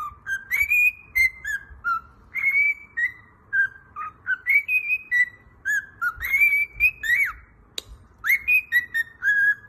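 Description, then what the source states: Cockatiel whistling a melodic phrase of sliding and steady pure notes, pausing briefly between bursts, with overtones above each note. Several cockatiels, whistling song.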